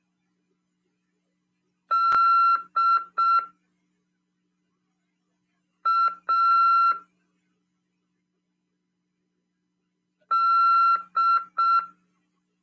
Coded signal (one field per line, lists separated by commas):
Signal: Morse code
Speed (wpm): 6 wpm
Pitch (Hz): 1360 Hz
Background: none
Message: DAD